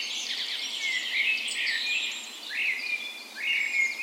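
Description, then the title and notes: Birds in full dawn chorus, busy twittering overlaid by upward-sweeping whistled notes repeated near the end. Dawn chorus in a park west in Bergen, Norway, on the morning of 17 May, Norway's National Day, in full spring; Sony PCM A10 recorder with LOM Usi microphones mounted as tree ears. "17th Of May Dawn Chorus. Recorded on the morning of Norways National Day the 17th of May in a park west in Bergen. Spring is in full effect, and the dawn chorus sounds wonderful!"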